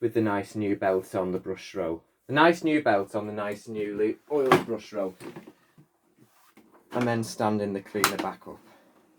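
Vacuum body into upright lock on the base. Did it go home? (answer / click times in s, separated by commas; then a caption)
no / none. Someone talks while a canary yellow Hoover Turbopower upright vacuum cleaner, its underside rebuilt with a new belt on the newly oiled brush roll, is stood back up so the body can latch into the upright lock on the base. Two faint knocks come at about 6.6 and 6.7 s during a pause in the talk. The clip ends before the part goes home, so nothing has seated or clicked yet.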